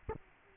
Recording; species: mosquito wingbeat signal from an infrared sensor; Aedes aegypti